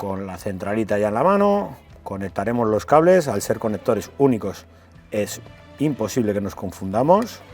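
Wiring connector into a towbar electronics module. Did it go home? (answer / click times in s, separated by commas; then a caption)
no / none. Keyed wiring connectors are being plugged into a towbar control unit held in the hand, part of fitting a towbar and electronics kit to a 2021-2024 Opel Grandland. Someone talks over background music throughout, with no distinct mechanical sounds. Nothing has seated or clicked into the control unit yet.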